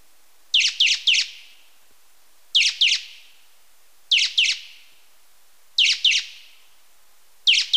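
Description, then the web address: Beautiful Jay giving harsh, rasping calls in quick bursts of two or three notes, repeated roughly every one and a half seconds against a quiet background. Ecuador. "Natures Songs S America Birds of Ecuador Beautiful Jay"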